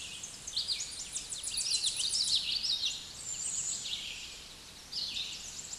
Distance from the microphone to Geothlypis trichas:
about 10 m